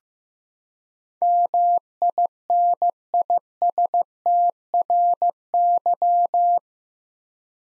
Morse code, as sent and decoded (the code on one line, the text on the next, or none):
-- .. -. .. ... - .-. -.--
MINISTRY